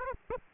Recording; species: mosquito wingbeat signal from an infrared sensor; Aedes aegypti